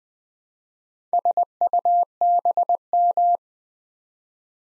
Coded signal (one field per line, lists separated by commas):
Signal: Morse code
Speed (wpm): 20 wpm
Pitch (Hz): 700 Hz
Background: none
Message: SUBM